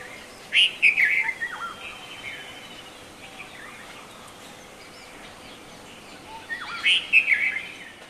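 Red-vented bulbul song: two short bubbly, slurred phrases about six seconds apart.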